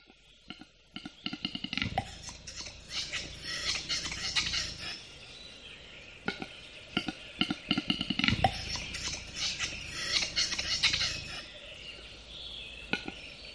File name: audio hero Bird Capercaillie